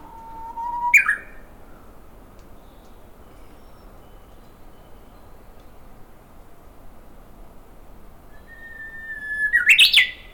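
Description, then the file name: Japanese bush warbler song: a steady whistle followed by a quick, sharp, rising flourish, heard twice about nine seconds apart over soft background noise. "uguisu"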